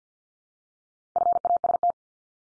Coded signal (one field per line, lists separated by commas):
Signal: Morse code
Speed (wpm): 50 wpm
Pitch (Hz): 700 Hz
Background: none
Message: FAST